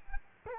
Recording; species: mosquito wingbeat signal from an infrared sensor; Culex quinquefasciatus